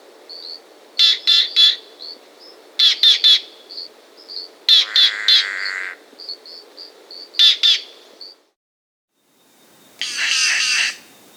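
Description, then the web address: Green jay producing repeated clusters of sharp, grating chatter notes, one drawn-out buzzy call, soft high whistled notes between bursts, and a final dense raspy outburst. South America, Andes. "S America Andean Birds. Green Jay (Cyanocorax Yncas)"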